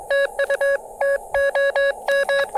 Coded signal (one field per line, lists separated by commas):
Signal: Morse code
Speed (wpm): 22 wpm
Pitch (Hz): 590 Hz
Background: none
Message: TU TOM